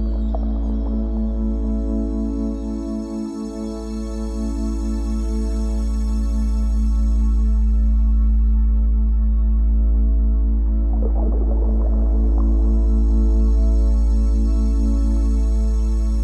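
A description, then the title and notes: A sound bath of sustained, humming drone tones layered with ringing overtones, brief swells and shimmers rising near four and eleven seconds. Meditation: Sound Bath.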